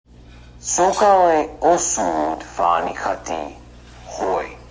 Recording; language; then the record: elicited speech; Bengali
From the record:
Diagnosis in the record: Broca's or global aphasia after a stroke